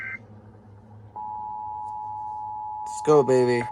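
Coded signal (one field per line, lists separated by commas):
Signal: Emergency Alert System (SAME) tones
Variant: 853 and 960 Hz attention tone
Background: speech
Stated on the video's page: EAS test from KDKA plus relayed alerts.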